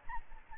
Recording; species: mosquito wingbeat signal from an infrared sensor; Aedes albopictus